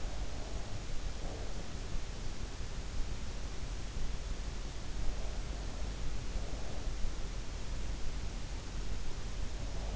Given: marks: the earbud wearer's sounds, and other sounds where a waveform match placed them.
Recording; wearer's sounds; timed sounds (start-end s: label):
sounds in sleep by an in-ear microphone; breath
0.00-2.00 s: breath